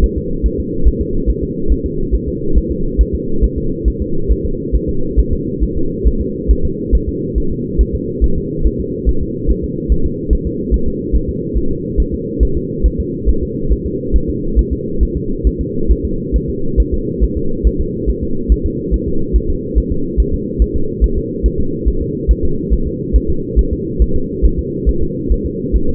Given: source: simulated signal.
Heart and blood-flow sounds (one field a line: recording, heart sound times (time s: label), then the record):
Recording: fetal heart sounds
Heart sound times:
0.04 s: S1
0.18 s: S2
0.46 s: S1
0.60 s: S2
0.88 s: S1
1.01 s: S2
1.30 s: S1
1.43 s: S2
1.72 s: S1
1.86 s: S2
2.15 s: S1
2.28 s: S2
2.58 s: S1
2.71 s: S2
3.01 s: S1
3.15 s: S2
3.44 s: S1
3.58 s: S2
3.88 s: S1
4.02 s: S2
4.32 s: S1
4.45 s: S2
4.75 s: S1
4.89 s: S2
5.19 s: S1
5.33 s: S2
5.63 s: S1
5.77 s: S2
6.07 s: S1
6.21 s: S2
6.51 s: S1
6.65 s: S2
6.95 s: S1
7.09 s: S2
7.38 s: S1
7.52 s: S2
7.81 s: S1
7.95 s: S2
8.24 s: S1
8.38 s: S2
8.66 s: S1
8.80 s: S2
9.09 s: S1
9.23 s: S2
9.51 s: S1
9.64 s: S2
9.92 s: S1
10.06 s: S2
10.33 s: S1
10.47 s: S2
10.74 s: S1
10.88 s: S2
11.15 s: S1
11.29 s: S2
11.57 s: S1
11.71 s: S2
12.00 s: S1
12.14 s: S2
12.43 s: S1
12.57 s: S2
12.86 s: S1
13.00 s: S2
13.29 s: S1
13.43 s: S2
13.72 s: S1
13.86 s: S2
14.16 s: S1
14.29 s: S2
14.59 s: S1
14.73 s: S2
15.03 s: S1
15.17 s: S2
15.47 s: S1
15.61 s: S2
15.91 s: S1
16.05 s: S2
16.36 s: S1
16.50 s: S2
16.80 s: S1
16.94 s: S2
17.24 s: S1
17.37 s: S2
17.67 s: S1
17.81 s: S2
18.09 s: S1
18.23 s: S2
18.52 s: S1
18.66 s: S2
18.94 s: S1
19.08 s: S2
19.36 s: S1
19.50 s: S2
19.78 s: S1
19.92 s: S2
20.20 s: S1
20.34 s: S2
20.62 s: S1
20.76 s: S2
21.04 s: S1
21.18 s: S2
21.46 s: S1
21.60 s: S2
21.88 s: S1
22.02 s: S2
22.31 s: S1
22.45 s: S2
22.73 s: S1
22.87 s: S2
23.16 s: S1
23.30 s: S2
23.59 s: S1
23.73 s: S2
24.02 s: S1
24.16 s: S2
24.45 s: S1
24.59 s: S2
24.89 s: S1
25.03 s: S2
25.32 s: S1
25.46 s: S2
25.76 s: S1
25.89 s: S2
From the record:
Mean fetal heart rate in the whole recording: 140 bpm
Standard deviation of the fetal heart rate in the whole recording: 2 bpm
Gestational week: 34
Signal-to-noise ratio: -8.1 dB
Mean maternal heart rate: 72 bpm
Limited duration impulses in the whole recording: absent